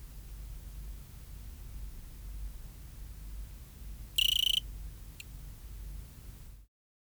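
Cricket (Eugrylloides pipiens): cricket giving a single pulsed chirp, high and metallic, about a third of a second long, with a faint tick shortly after; steady low hum, then sudden silence at the end.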